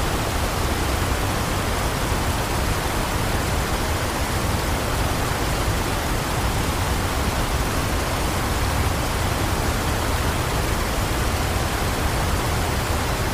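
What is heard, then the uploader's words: Steady, dense rushing of a waterfall, an unbroken roar with a deep low rumble and bright hiss, unchanging throughout with no distinct events. Waterfall Sound White Noise.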